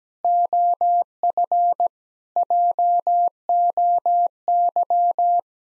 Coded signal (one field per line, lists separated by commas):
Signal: Morse code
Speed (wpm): 17 wpm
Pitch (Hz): 700 Hz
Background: none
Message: OF JOY